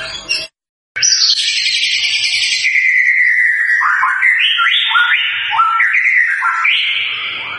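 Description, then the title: White-rumped shama song: a loud, rich whistled phrase sliding downward, followed by a run of quick sliding whistles. Lure recording used to make white-rumped shamas respond; bird described as singing actively and loudly. "PANCINGAN MURAI BATU GACOR"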